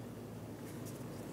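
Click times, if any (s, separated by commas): none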